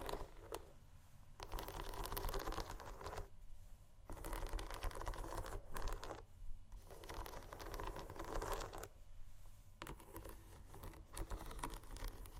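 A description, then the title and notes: Shoes scratch and scrape across a surface in long rough bursts of a second or two, separated by brief pauses near 1.5, 4, 6 and 9 seconds. Quick taps and clicks punctuate the scraping, and a steady low rumble runs underneath throughout. ASMR Shoes Scratching & Tapping（No Talking）.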